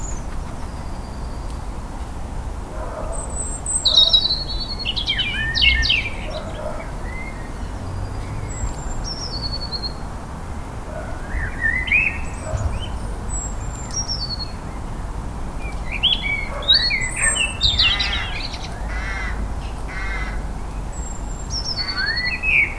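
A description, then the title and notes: Birds sing and chirp in a Liverpool garden, with bright high calls and quick twittering phrases coming in bursts around 4, 12 and 17 seconds, plus short thin whistles throughout. Underneath runs a steady low rumble of background noise. Liverpool Garden April 2021. Liverpool morning rituals April 2021.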